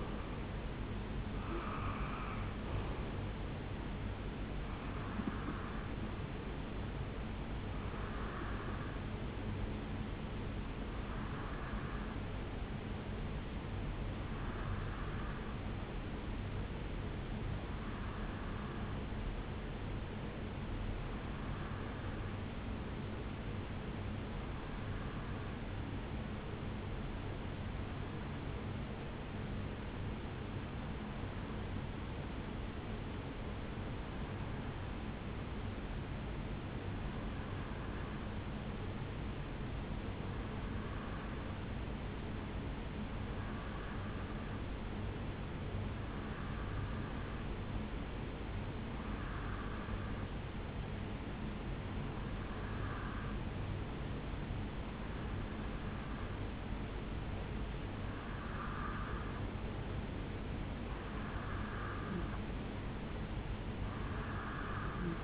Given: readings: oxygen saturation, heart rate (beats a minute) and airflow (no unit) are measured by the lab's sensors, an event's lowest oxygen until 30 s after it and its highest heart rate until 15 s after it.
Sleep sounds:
breathing in sleep by a voice recorder at the bedside; 1
24.00-52.10 s: hypopnea (REM, oxygen 95% highest, then 90% lowest, heart rate 63 at the start, 73 highest)
From the record:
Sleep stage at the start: REM sleep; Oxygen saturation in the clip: 90 to 95%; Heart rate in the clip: 60 to 76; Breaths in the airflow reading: 20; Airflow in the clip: -8.3 to 4.7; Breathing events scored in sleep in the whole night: 449 in 7.0 hours asleep

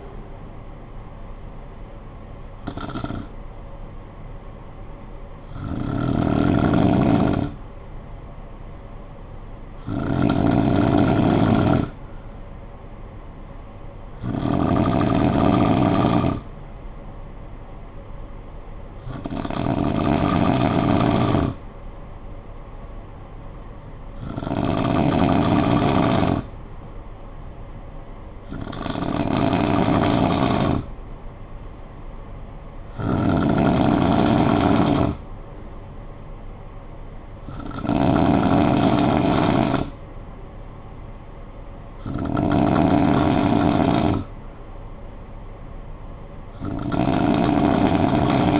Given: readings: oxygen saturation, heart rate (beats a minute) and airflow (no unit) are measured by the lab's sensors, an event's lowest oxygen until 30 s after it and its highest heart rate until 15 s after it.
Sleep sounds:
breathing in sleep by a smartphone at the bedside; 1
18.00-41.20 s: hypopnea (N2, oxygen 96% highest, then 91% lowest, heart rate 56 at the start, 59 highest)
From the record:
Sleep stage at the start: N2 (light sleep); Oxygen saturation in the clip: 91 to 96%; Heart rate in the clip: 52 to 63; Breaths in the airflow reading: 10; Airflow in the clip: -7.2 to 5.4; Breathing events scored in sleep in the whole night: 445 in 7.6 hours asleep

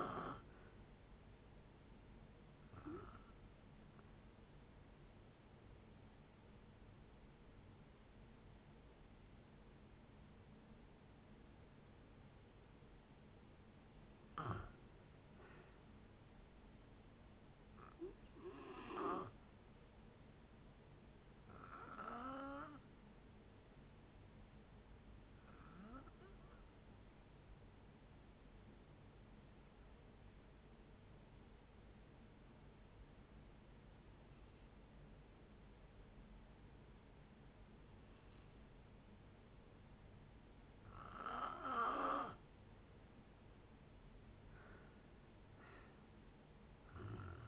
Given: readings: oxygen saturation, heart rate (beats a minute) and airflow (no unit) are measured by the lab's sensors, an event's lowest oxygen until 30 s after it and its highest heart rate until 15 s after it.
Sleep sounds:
breathing in sleep by a voice recorder at the bedside; 2
4.00-14.50 s: hypopnea (N2, oxygen 91% highest, then 90% lowest)
26.00-42.90 s: hypopnea (N2, oxygen 93% highest, then 82% lowest)
From the record:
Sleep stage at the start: N2 (light sleep); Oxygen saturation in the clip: 87 to 93%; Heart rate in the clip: 60 to 65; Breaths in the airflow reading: 13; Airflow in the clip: -7.6 to 7.6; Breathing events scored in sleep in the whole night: 496 in 5.4 hours asleep

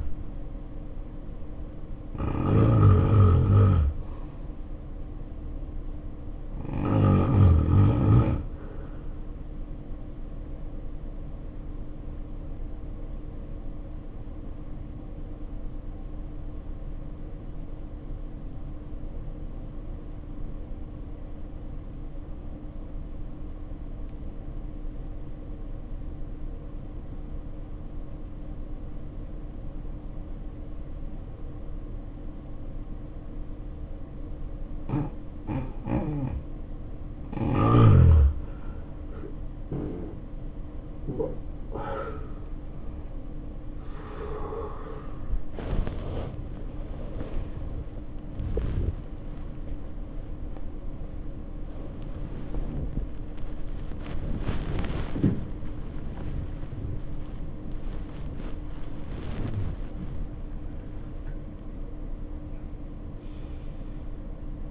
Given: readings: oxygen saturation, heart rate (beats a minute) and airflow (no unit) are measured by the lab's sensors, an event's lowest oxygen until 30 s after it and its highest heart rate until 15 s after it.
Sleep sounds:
a person awake in a sleep study, by a smartphone at the bedside; 1
0.00-64.71 s: awake
14.00-39.40 s: obstructive apnea (scored as awake, oxygen 93% highest, then 72% lowest, heart rate 63 at the start, 87 highest)
From the record:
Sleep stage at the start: awake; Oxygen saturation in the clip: 74 to 93%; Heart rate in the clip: 60 to 95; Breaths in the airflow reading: 6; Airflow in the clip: -6.8 to 13.5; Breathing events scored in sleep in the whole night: 520 in 7.2 hours asleep

